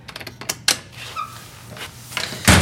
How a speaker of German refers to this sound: Oh. Scheiß Tür.